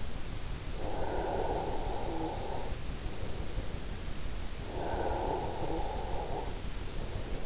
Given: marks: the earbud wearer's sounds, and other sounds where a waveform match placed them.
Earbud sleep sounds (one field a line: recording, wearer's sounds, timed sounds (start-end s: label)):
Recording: sounds in sleep by an in-ear microphone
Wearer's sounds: breath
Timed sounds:
0.46-3.46 s: breath
4.46-7.45 s: breath